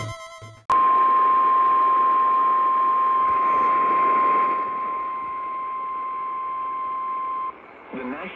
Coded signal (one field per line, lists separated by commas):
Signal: Emergency Alert System (SAME) tones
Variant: 1050 Hz attention tone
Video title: OHX’S MRGL SHENANIGANS - EAS Alerts From 8/17/24 (EAS #2423-2424)